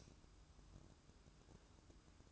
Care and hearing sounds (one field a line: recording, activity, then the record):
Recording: daily activity, microphone in the room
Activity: light off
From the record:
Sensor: 2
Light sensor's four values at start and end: 9/21/9/9 and 9/21/9/9